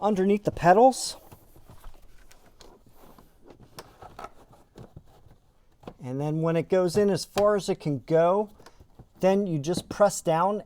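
An OEM cloth floor mat on the driver's side of a Fisker Ocean is slid underneath the pedals and positioned, ready to be pressed down onto the floor clips. Between speech at the start and from about 6 s onward, quiet rustling and soft sliding are heard, with brief faint ticks near 2.3, 2.6, 3.8, 4.2 and 5.9 s. Nothing has seated or clicked yet.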